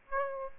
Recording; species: mosquito wingbeat signal from an infrared sensor; Aedes aegypti